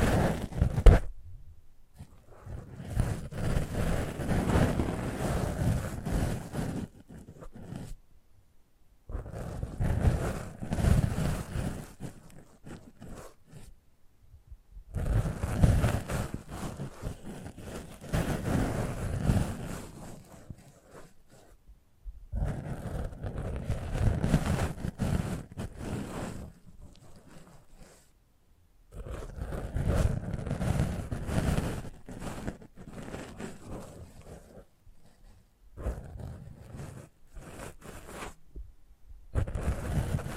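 Handling and rubbing noises from a microphone being worked over up close, coming in rough bursts of a few seconds separated by short silences. Each burst is a dense, low rumbling scrape with some brighter rustle on top, recurring roughly every five to seven seconds.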